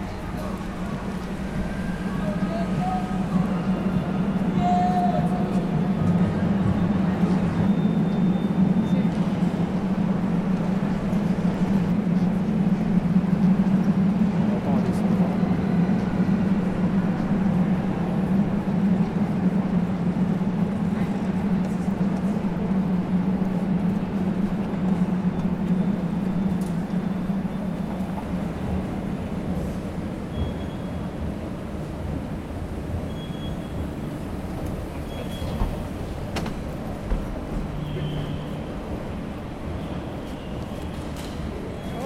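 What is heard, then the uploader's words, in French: A train arriving, its steady low rumble and droning hum easing after about half a minute, with faint voices and small clanks around it. Arrivée en train. Parcours sonore capté à micro tendu en marche à travers différents lieux en mouvements.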